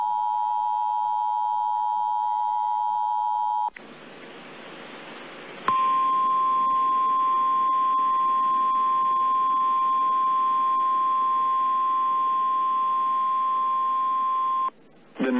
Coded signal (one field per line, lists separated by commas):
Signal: Emergency Alert System (SAME) tones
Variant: 853 and 960 Hz attention tone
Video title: EAS Timeline October Upper Midwest Storms NOAA Weather Radio (SVRs and a TOR) +WeatherSTAR4000